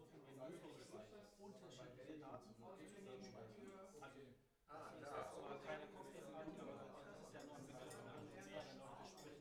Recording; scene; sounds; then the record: everyday scene through a hearing-aid microphone; many people talking; many voices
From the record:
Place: bistro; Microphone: behind the ear, right, front